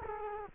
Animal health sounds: mosquito wingbeat signal from an infrared sensor; Culex quinquefasciatus

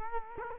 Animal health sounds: mosquito wingbeat signal from an infrared sensor; Culex quinquefasciatus

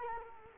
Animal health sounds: mosquito wingbeat signal from an infrared sensor; Culex quinquefasciatus

